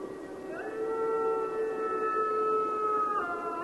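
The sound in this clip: Mexican wolf howl, a long steady tone held for about three seconds with a slight rise at the start and a shift near the end, over soft background hiss.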